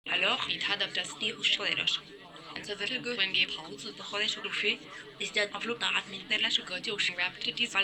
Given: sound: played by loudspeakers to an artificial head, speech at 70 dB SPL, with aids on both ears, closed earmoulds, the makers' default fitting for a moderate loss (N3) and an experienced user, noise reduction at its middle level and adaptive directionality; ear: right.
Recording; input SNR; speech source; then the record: speech test signal (ISTS) in cocktail-party noise; +6 dB; in front (0 degrees)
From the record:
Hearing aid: class 1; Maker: C